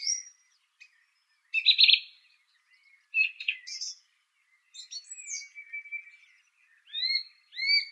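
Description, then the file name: Song thrush song: varied phrases of rich notes and scratchy high trills, ending with clear repeated upslurred whistles. "suara kicauan burung song thrush. omkicau"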